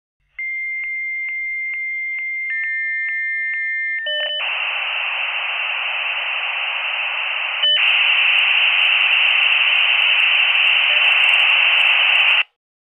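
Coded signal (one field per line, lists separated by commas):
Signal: dial-up modem handshake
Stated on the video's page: Sound-effects library recording of a dial-up modem dialing and connecting.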